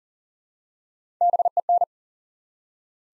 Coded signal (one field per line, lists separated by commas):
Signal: Morse code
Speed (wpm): 38 wpm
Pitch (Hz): 700 Hz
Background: none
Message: BEN